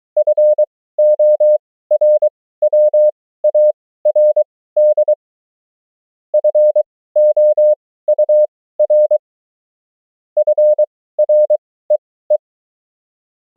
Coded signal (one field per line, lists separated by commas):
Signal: Morse code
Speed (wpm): 23 wpm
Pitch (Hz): 600 Hz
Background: none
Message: FORWARD FOUR FREE